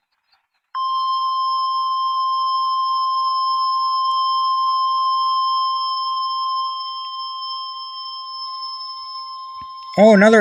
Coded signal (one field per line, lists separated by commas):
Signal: Emergency Alert System (SAME) tones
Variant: 1050 Hz attention tone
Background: speech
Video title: EAS 90 - Severe Thunderstorm Warning Grant Hot Spring Arkansas